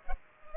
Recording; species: mosquito wingbeat signal from an infrared sensor; Culex pipiens